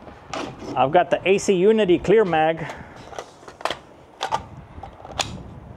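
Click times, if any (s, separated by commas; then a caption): 5.2 s. A clear polymer magazine is inserted into the magwell of an AK-pattern rifle. Someone talks, then a series of sharp metallic clicks and knocks follows. The magazine locks in with a final click at 5.2 s and sits with no wobble at all.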